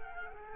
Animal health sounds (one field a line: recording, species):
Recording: mosquito wingbeat signal from an infrared sensor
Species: Culex quinquefasciatus